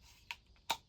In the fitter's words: They lock right in there. Good retention.